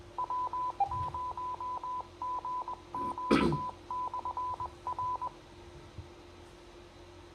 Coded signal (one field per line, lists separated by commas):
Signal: Morse code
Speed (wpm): 21 wpm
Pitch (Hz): 1000 Hz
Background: none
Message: W0GQ/R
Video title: New Ham Net on Cedar Rapids, Iowa CVARC repeater